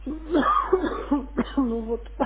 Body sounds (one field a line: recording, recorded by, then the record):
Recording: voluntary cough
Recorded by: telephone call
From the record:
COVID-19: positive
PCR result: checked with the laboratory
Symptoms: yes